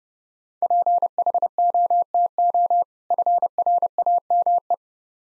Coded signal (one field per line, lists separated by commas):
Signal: Morse code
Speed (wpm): 32 wpm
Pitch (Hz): 700 Hz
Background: none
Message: PHOTO FRAME